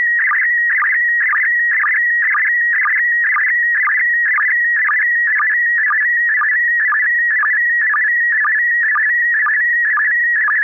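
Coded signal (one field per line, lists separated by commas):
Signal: SSTV (slow-scan television)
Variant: PD120 mode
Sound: warbling tone around 2 kHz with a rhythmic chirp roughly twice per second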